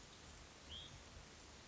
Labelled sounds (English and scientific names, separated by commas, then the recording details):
Hutton's Vireo (Vireo huttoni)
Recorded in Sonoma County, California